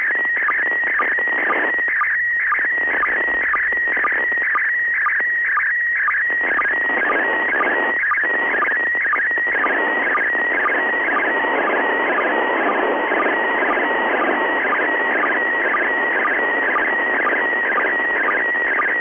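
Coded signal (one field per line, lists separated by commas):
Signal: SSTV (slow-scan television)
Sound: warbling tone with a steady whistle and regular short low blips, over hiss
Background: radio static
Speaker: okay considering the static on the signal this didn't turn out too bad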